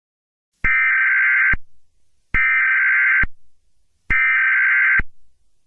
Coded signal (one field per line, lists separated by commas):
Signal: Emergency Alert System (SAME) tones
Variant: header bursts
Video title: April Showers Bring May Flowers: An EAS Scenario (SPRING FLING SPECIAL)